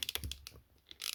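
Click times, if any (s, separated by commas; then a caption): 0.3 s. A plastic accessory piece is pressed onto an action figure's toy motorcycle. A few quick plastic ticks lead up to a sharp snap at 0.3 s, and a brief rattle of handling follows near the end. The piece is seated and snapped into place.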